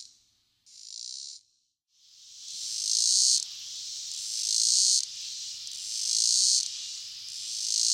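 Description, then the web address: Robinson's cicada song: two short separate buzzes, then a rising continuous drone that pulses louder roughly every one and a half seconds. "The Songs of Insects. Robinson's Cicada"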